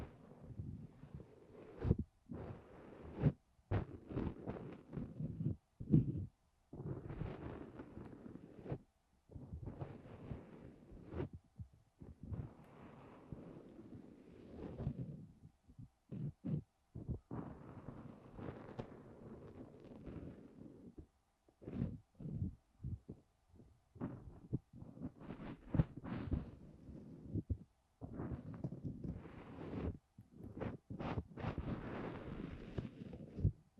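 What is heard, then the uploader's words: Ear cleaning sounds, with muffled rubbing and scraping. The strokes come in uneven bursts of a second or two, separated by brief silences, mostly low and dull with occasional crisper scratches. No voice is heard. ASMR DEEP Ear Cleaning No talking 시원한 모래 귀청소.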